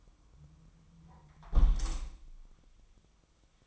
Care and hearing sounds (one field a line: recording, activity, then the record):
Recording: daily activity, microphone in the room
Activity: close window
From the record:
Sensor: 1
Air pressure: 1004.7 hPa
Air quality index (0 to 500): 103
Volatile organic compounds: 3 ppm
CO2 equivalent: 1418 ppm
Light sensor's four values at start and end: 7/18/7/7 and 7/18/7/7